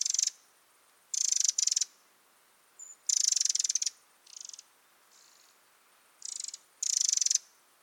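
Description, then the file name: Eurasian wren churring calls, harsh buzzy rattles of varying length, some loud and some softer, spaced irregularly throughout. "Troglodytes troglodytes"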